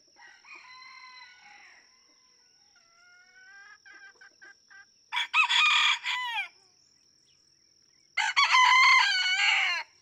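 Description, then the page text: Red junglefowl (chicken): rooster crowing: a faint crow, some soft notes, then two loud drawn-out crows a few seconds apart. Several roosters in a barnyard, each with a distinct crow; Kentucky, USA, just outside a national park, June 2, 2010; illustrates that each individual has its own song. "Birdsong for the Curious Naturalist. Red junglefowl (chicken). No two roosters crow alike in this Kentucky barnyard. June 2, 2010. Just outside Mammoth Cave National Park, Kentucky"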